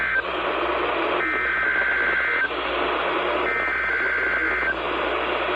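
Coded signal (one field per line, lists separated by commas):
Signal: Emergency Alert System (SAME) tones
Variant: header bursts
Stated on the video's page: Relayed EAS tests, some failed, one with no attention tone.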